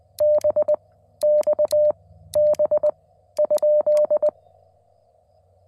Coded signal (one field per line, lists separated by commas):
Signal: Morse code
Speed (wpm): 20 wpm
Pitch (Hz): 600 Hz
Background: none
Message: BXB ?